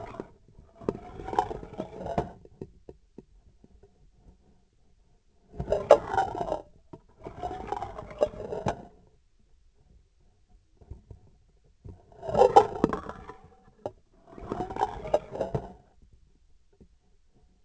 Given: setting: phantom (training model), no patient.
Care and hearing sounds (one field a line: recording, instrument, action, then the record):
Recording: laparoscopic instrument, vibration sensor on the handle end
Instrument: scissors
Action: approaching and retracting movements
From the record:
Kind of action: spatial motion